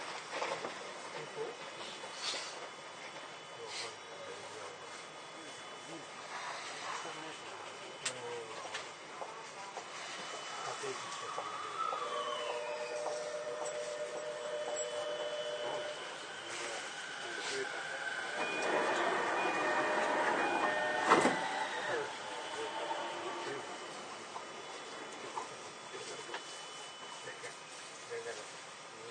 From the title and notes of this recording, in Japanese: 都営10-300形(3次車) 新線新宿〜高尾山口。車体JR東日本の常磐緩行線用E233系2000番台をベースに製作した。